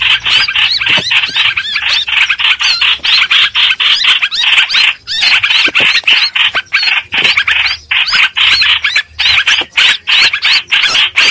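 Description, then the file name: Streak-eared bulbul distress calls, harsh scratchy notes in rapid bursts throughout. Distress call used to call the flock together. "Tieng chim trao trao keu cuu goi bay"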